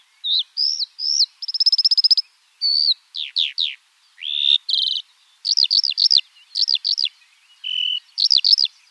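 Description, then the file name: Eurasian skylark singing a lively, varied run of high whistled slurs, a buzzy rattle and rapid repeated chirps, with short gaps between bursts. In flight. "alouette des champs en vol"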